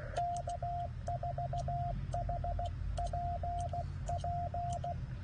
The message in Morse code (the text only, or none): K4HPP